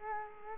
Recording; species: mosquito wingbeat signal from an infrared sensor; Culex quinquefasciatus